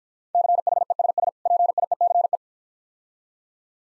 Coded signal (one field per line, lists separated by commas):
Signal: Morse code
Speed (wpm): 52 wpm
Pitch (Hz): 700 Hz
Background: none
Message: CHESS PIECE